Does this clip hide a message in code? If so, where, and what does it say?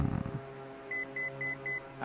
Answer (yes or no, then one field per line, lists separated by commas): no